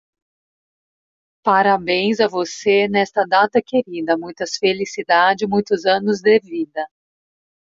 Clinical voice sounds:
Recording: short text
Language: Brazilian Portuguese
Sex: female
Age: 40 to 49 years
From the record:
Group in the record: control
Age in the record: 43 years

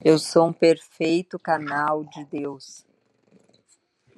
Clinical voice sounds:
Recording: spoken sentence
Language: Brazilian Portuguese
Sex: female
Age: 40 to 49 years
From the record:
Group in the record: control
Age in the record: 43 years

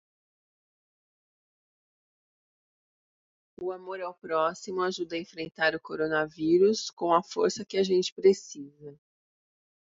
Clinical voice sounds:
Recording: spoken sentence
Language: Brazilian Portuguese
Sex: female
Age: 50 to 59 years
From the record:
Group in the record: control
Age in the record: 50 years

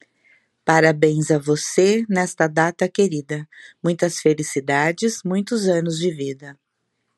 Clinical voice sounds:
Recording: short text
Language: Brazilian Portuguese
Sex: female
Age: 60 to 69 years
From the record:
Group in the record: control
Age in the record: 61 years

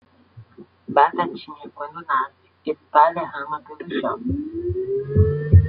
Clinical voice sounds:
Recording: short text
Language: Brazilian Portuguese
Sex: male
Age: 20 to 29 years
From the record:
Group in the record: control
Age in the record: 23 years

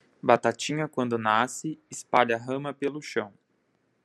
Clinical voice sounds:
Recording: short text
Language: Brazilian Portuguese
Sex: male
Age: 30 to 39 years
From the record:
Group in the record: control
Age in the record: 30 years

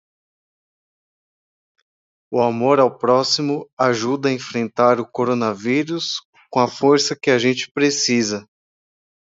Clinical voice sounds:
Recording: spoken sentence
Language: Brazilian Portuguese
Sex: male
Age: 20 to 29 years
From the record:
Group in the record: control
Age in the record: 27 years

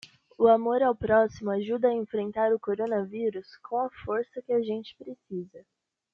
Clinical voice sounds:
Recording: spoken sentence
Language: Brazilian Portuguese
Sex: female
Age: 18 to 19 years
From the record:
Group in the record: control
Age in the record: 18 years

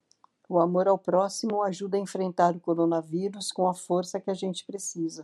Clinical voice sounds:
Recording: spoken sentence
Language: Brazilian Portuguese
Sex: female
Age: 60 to 69 years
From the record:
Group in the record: control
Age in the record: 62 years

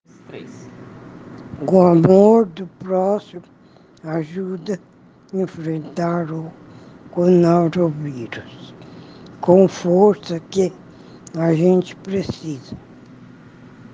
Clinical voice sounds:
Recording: spoken sentence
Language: Brazilian Portuguese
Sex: female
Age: 40 to 49 years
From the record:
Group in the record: respiratory insufficiency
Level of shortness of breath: 5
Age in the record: 48 years

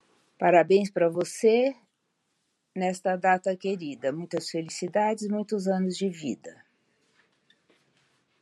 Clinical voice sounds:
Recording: short text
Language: Brazilian Portuguese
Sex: female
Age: 70 to 79 years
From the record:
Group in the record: control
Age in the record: 78 years

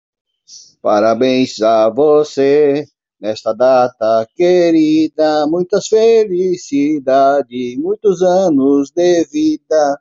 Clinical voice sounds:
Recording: short text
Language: Brazilian Portuguese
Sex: male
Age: 50 to 59 years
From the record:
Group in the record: control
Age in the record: 57 years

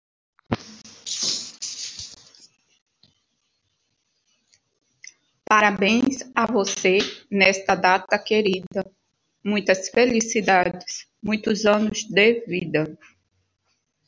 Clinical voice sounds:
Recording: short text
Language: Brazilian Portuguese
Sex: female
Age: 50 to 59 years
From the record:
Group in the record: control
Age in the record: 52 years

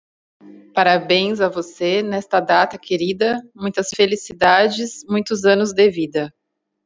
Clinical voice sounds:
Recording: short text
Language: Brazilian Portuguese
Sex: female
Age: 40 to 49 years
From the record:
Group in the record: control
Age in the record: 40 years

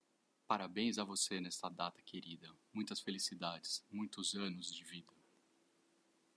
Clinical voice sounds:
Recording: short text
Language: Brazilian Portuguese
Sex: male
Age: 40 to 49 years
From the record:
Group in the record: control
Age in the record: 40 years

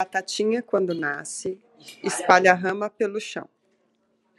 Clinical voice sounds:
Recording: short text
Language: Brazilian Portuguese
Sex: female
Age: 40 to 49 years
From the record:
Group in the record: control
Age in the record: 47 years

